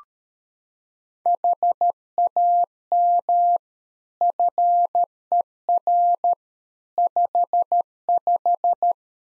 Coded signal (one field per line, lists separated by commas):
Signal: Morse code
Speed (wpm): 13 wpm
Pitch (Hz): 700 Hz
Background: none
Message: HAM FER 55